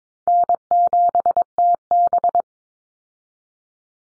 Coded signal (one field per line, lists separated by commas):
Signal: Morse code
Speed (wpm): 22 wpm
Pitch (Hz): 700 Hz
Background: none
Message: N7TB